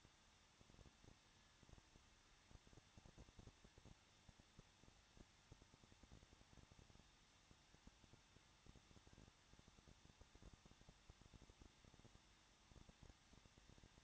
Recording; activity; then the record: daily activity, microphone in the room; no activity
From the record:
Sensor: 3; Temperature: 21.2 degrees Celsius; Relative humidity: 36.3%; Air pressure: 1006.3 hPa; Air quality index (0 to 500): 222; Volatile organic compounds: 41 ppm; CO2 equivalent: 3169 ppm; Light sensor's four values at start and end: 2/3/2/2 and 2/3/2/2